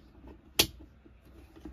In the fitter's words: once in place i now lock the cover in and wait to hear the snap you